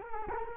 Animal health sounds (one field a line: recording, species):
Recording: mosquito wingbeat signal from an infrared sensor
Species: Culex quinquefasciatus